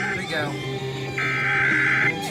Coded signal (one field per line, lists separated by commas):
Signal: Emergency Alert System (SAME) tones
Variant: header bursts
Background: speech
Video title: CT Monthly Tests EAS# 78-80